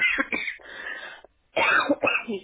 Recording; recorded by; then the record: voluntary cough; telephone call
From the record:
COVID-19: positive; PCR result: checked with the laboratory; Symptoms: yes